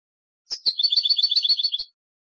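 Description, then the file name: European goldfinch song, a short burst of rapid, tinkling chirps lasting under two seconds. "audio burung goldfinch"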